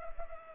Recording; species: mosquito wingbeat signal from an infrared sensor; Culex pipiens